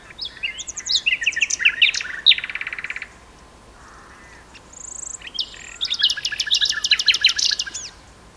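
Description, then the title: Common nightingale singing varied phrases: chattering notes, a fast buzzy rattle, a brief pause, then a thin whistle and dense rapid trills. Two nightingales singing in a duet on Westleton Heath. "sanderson. nightingale duet on westleton heath"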